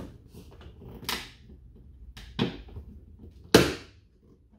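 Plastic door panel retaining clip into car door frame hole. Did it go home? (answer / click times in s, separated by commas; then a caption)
yes / 3.5 s. A plastic retaining clip on a GR Supra's interior door trim panel is pressed into its hole in the car door frame while the panel is being reinstalled. Softer knocks come at about 1.1 s and 2.4 s, because the panel was not being pushed hard enough. A loud, sharp snap at 3.5 s marks the clip popping fully home and seating.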